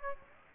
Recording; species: mosquito wingbeat signal from an infrared sensor; Aedes aegypti